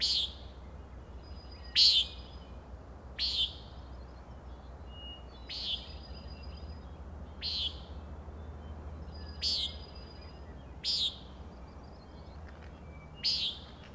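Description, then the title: Common nighthawk calling a harsh, buzzy peent at intervals of about two seconds, eight calls in all. Peenting calls; three birds flying in close follow-the-leader formation, also giving wing booms and rattles during the recording; Overlook on Schoodic Head, Acadia National Park, Winter Harbor, Maine; 16 June 2017, 4am. "Common Nighthawks, Schoodic Head 061617 4am"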